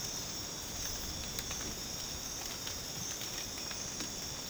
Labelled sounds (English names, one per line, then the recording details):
none
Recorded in dense forest near Puerto Asís, Putumayo, Colombia, on 12 March 2025 at 03:30
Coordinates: 0.486, -76.317
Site G053